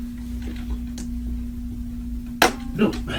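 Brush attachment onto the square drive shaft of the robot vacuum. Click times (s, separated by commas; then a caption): 2.4 s. A plastic side brush piece is pushed onto the square drive shaft under a Wyze robot vacuum, with a faint tick near 1.0 s over a steady low hum. After a few tries it snaps home with one sharp, loud click at 2.4 s, and the brush is seated.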